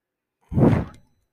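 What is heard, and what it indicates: A single half-second low whoosh of air that fades out, a home mechanical ventilator delivering a breath.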